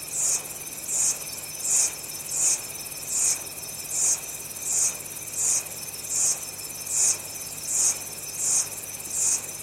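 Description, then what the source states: Insects calling: a high, shrill pulse repeated steadily about every three quarters of a second over a continuous high-pitched buzzing drone. Early evening tropical rain forest atmosphere with insects, recorded near Bangui, Central African Republic.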